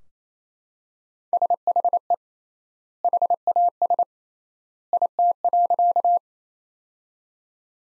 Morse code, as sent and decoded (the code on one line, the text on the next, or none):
... .... . / .... .- ... / .. - .-.-.-
SHE HAS IT.